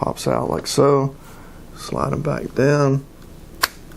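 Someone talks while the first SODIMM memory stick is slid at an angle into the laptop memory slot of a Razer Blade Pro 17 during a 32 GB memory upgrade. The stick is pressed down until a sharp snap at 3.6 s shows the side retaining clips closing over it, and the stick is seated.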